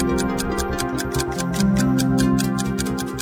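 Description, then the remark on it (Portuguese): Steady, evenly spaced clock ticks run over a sustained, droning musical bed, forming a loud radio time-check jingle with no voices, marking the time 7:45. “Acerte o seu relógio.”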